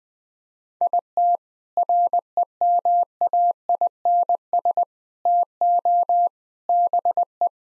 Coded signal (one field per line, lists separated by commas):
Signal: Morse code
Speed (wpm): 20 wpm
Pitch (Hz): 700 Hz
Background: none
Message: IT REMAINS TO BE